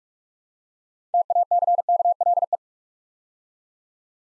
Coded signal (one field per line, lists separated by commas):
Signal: Morse code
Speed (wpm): 44 wpm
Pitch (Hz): 700 Hz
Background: none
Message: TACKLE